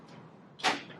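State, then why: Not seated. A removable headrest on a Bullfrog Spas M Series spa is handled and pushed down toward its mount on the spa shell. After a quiet stretch, a short broadband rubbing swell rises around 0.6 s and fades by about 0.8 s. The headrest has not seated or clicked into place yet.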